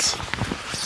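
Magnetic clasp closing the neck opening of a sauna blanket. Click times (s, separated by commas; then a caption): 0.3 s. A person lying inside a sauna blanket closes the magnetic clasps at its neck opening, and a single sharp snap is heard at 0.3 s against faint background noise. The magnets click into place, sealing the neck opening to keep the heat in.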